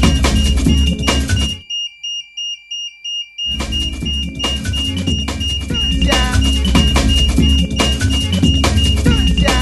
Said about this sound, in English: We've got a smoke alarm going off in here, yeah. As you can hear. Yeah. I need to go out and check what's going on, yeah?